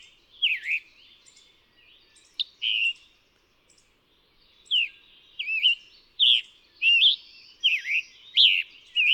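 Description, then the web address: Scarlet tanager giving raspy, slurred phrases, first sparse then in a faster run of burry notes, with soft high ticking sounds in the background. Song from North America. "Songs of Birds of North America Know Your Bird Sounds Common Western Species. Scarlet Tanager"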